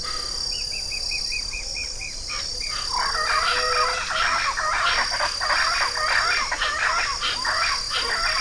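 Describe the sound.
Bird giving a quick series of clear repeated notes, then breaking into dense, rapid harsh chattering, with a steady high-pitched hiss throughout.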